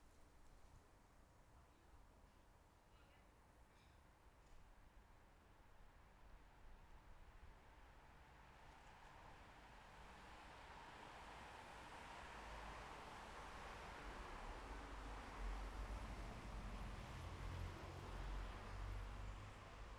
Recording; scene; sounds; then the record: everyday scene through a hearing-aid microphone; in traffic; traffic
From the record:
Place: bus stop on a city main road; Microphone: behind the ear, left, rear